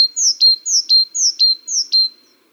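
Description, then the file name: Great tit song, a high two-note phrase, a sweeping upper note then a short dropping note, repeated four times in quick steady rhythm on a quiet background. "Parus major"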